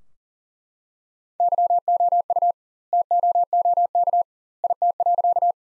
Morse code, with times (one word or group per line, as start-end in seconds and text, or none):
1.4-2.5 YOU
2.9-4.2 TOOK
4.6-5.5 IT.